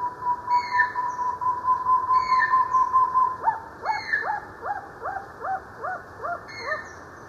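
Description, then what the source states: Short-tailed Antthrush song: quick, even hollow notes that shift into a series of rising, slurred notes. A higher, harmonic note from another bird repeats several times. Recorded in Ecuador.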